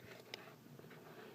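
A plastic panel on a ToyWorld TW-T03 Trace transforming robot toy is flipped up and rotated until its tab locks into the toy robot body. A single sharp click sounds at 0.3 s over a quiet background, and the tab is seated in place.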